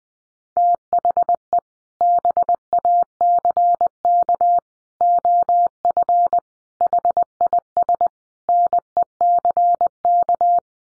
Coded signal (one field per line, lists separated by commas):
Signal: Morse code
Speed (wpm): 20 wpm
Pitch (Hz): 700 Hz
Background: none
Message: THE BACK OF HIS NECK